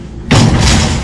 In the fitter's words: What you will notice is that when we close the door, it's gonna slightly drop a little bit, lock into place